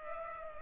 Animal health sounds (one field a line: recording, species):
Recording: mosquito wingbeat signal from an infrared sensor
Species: Culex pipiens